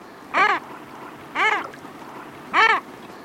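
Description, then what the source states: Common Murre calls: three harsh, rasping, arched croaks, each about a quarter second long and roughly a second apart. Alcid seabird that flies underwater.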